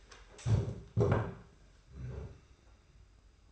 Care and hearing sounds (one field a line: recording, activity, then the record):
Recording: daily activity, microphone in the room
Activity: stand up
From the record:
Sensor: 2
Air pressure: 991.5 hPa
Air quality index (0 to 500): 172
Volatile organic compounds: 1000 ppm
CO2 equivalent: 5557 ppm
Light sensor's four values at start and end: 28/87/34/32 and 26/81/32/30